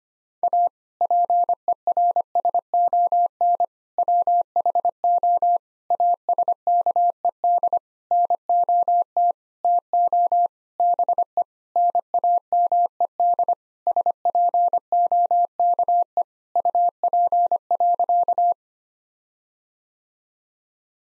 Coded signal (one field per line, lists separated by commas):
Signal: Morse code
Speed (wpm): 25 wpm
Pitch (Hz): 700 Hz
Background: none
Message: A PERSON WHO ASKED NOT TO BE NAMED SPOKE UP.